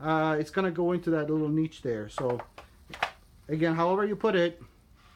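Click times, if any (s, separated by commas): none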